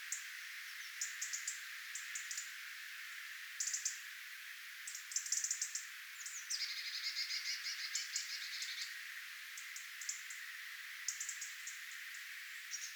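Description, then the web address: Tits calling as a flock, sharp high notes in small groups, then a longer twittering run midway, with faint hiss throughout. Tit flock, recorded 11 October 2024. "paivat 11 10 2024 punarintoja tiaisparvi"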